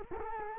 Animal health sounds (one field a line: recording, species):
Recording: mosquito wingbeat signal from an infrared sensor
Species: Culex quinquefasciatus